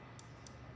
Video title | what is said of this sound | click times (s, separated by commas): How to Use NXCam at JAM | good you'll feel that little click you shut it and you are ready to roll | 0.2 s